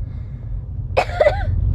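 Two quick, dry cough bursts from a child about a quarter second apart, the second trailing into a brief voiced sound, over low background rumble. The coughs are short and light, produced on request, in a child with a cold.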